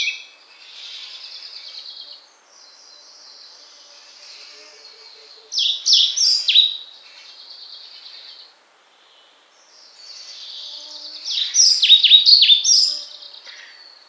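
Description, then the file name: European pied flycatcher song: two bright, quick phrases of high sliding notes, set against a soft, steady buzzy trill that runs through most of the recording. "mukholovka pestrushka"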